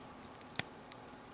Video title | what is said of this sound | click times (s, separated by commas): TJ Reviews: SIC Kamen Rider Stronger and Tackle | you press it down it locks in place and the chest | 0.6 s, 0.9 s